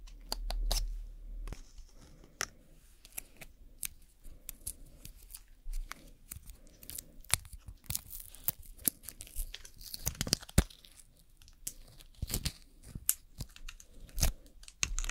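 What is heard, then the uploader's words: Nail work for a gel extension: sharp snips and clicks scattered throughout, with soft filing or scraping strokes in between. Activity grows denser and louder around ten to eleven seconds with rapid crunchy bursts, while a low thump opens the clip near the start. ASMR Doing Your Nails Nail Extension & Gel Nail (No Talking).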